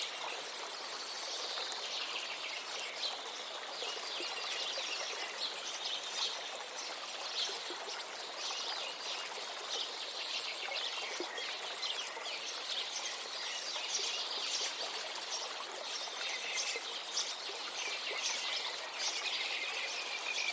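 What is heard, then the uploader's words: A river flows steadily and densely, a constant rushing hiss that holds even from start to finish. Bird chirps and twittering lines rise above the water throughout, bright and fairly busy, some calls close and others farther off. River and Birds Sounds: Immerse in the Harmony of Flowing Waters and Melodic Chirps. Flowing waters, melodic chirps.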